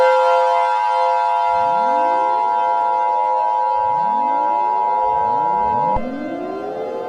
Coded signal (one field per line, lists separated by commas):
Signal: Emergency Alert System (SAME) tones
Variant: 853 and 960 Hz attention tone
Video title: EAS Scenario: The Super Hurricane Alberto